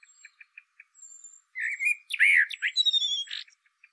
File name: Turdus merula